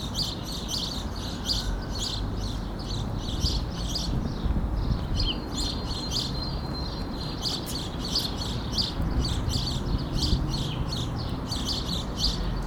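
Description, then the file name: House sparrow calls, a steady run of quick chirping notes with a brief pause midway, over constant low-frequency background noise. "Passer domesticus"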